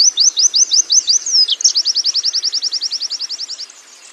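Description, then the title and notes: Canary singing a string of sharp rising high notes, then a long, even, rapid trill of repeated whistled notes that gradually fades away. Long-duration canary song used as a complete master recording for tutoring songbirds. "Kicauan Kenari. Masteran Burung Lengkap"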